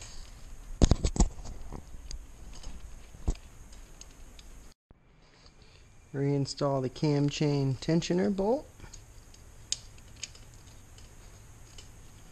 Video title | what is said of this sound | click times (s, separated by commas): How to change your Cam Chain- Shown with a KX250F | you install this yacht I hear it clicking out alright now | 9.7 s, 10.2 s